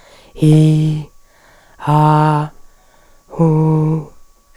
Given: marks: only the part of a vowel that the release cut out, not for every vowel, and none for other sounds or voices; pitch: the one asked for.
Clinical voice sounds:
sustained vowels; female; 60 to 69 years; 2; 0; 2
0.56-0.97 s: vowel /i/, low pitch
1.90-2.38 s: vowel /a/, low pitch
3.41-3.98 s: vowel /u/, low pitch
From the record:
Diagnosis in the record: recurrent laryngeal nerve paralysis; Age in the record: 61 years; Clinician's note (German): Schlaff, rechts, nicht kompensiert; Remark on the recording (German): "an", "ih", "ah", "uh", "il", "al" sind zu kurz, trotzdem gelabelt wie vorliegen

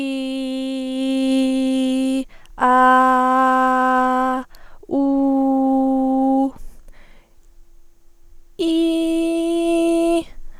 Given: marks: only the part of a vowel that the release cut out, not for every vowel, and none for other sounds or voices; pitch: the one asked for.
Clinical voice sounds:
sustained vowels; female; 20 to 29 years; 0; 0; 0
0.00-2.11 s: vowel /i/, normal pitch
2.98-4.31 s: vowel /a/, normal pitch
5.01-6.31 s: vowel /u/, normal pitch
8.71-10.09 s: vowel /i/, high pitch
From the record:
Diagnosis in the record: healthy voice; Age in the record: 22 years

